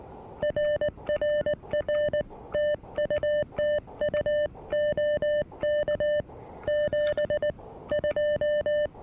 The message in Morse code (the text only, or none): RRR TU TU OK 72